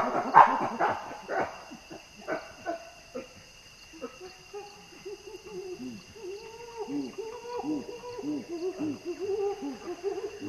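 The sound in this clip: Common chimpanzee starting with a few loud calls, then a run of low, breathy grunts, against a steady insect hum.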